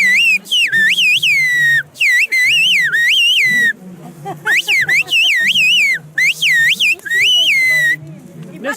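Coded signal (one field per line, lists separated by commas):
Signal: whistled language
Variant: Turkish Kuş dili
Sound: loud piercing whistle gliding up and down in speech-like phrases, with short pauses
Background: faint background voices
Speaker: Yaylanın çimenine gelmenine diyeceğim şimdi. Hadi bakalım.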